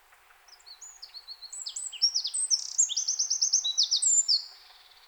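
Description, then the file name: Eurasian wren song: a shrill, fast-paced sequence of clipped notes and ringing trills, rising in loudness and ending abruptly after about four seconds. "Troglodytes troglodytes"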